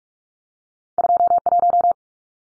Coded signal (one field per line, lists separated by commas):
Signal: Morse code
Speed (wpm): 44 wpm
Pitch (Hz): 700 Hz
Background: none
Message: 21